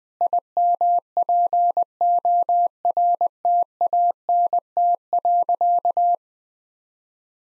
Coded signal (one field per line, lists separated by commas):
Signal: Morse code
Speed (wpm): 20 wpm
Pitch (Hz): 700 Hz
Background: none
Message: IMPORTANT.